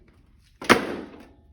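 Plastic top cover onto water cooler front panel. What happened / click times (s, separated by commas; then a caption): The top cover snapped down into place / 0.7 s. The plastic top cover of an Avalon top-loading water cooler is hooked under the front panel by its ridge and pushed down. It gives a loud thunk at 0.7 s, followed by a short fading rattle. The top panel locks into place.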